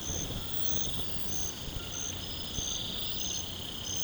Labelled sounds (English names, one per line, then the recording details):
none
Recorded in pastures near Puerto Asís, Putumayo, Colombia, on 12 March 2025 at 01:30
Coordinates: 0.472, -76.329
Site G074